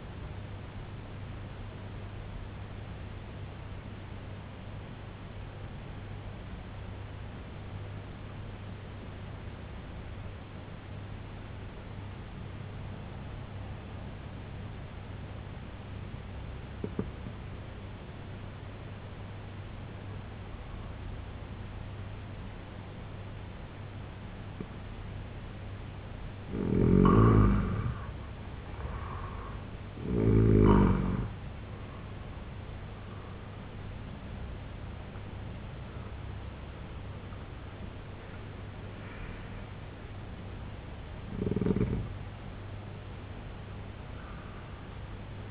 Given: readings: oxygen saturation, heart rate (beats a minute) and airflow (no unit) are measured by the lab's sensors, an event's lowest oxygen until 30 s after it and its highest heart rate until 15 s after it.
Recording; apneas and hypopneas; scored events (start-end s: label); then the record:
breathing in sleep by a voice recorder at the bedside; 1
8.00-27.50 s: obstructive apnea (N1, oxygen 95% highest, then 83% lowest, heart rate 63 at the start, 94 highest)
From the record:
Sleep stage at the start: N1 (lightest sleep); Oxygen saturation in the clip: 84 to 95%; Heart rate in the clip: 63 to 94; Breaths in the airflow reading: 5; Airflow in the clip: -10.2 to 9.1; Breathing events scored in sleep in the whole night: 258 in 7.4 hours asleep